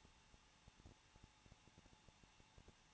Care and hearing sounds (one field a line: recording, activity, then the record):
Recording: daily activity, microphone in the room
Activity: no activity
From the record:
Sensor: 1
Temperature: 20.1 degrees Celsius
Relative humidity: 39.1%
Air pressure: 1006.4 hPa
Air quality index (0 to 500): 216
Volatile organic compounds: 73 ppm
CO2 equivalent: 3543 ppm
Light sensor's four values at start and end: 1/2/1/1 and 1/2/1/1